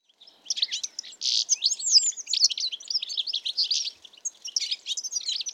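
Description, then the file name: European goldfinch twittering: a rapid, continuous jumble of high chirps, liquid notes and short buzzes, with brief gaps, all high-pitched and clear. "Carduelis carduelis"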